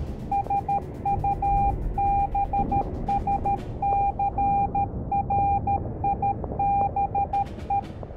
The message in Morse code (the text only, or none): SUBSCRIBE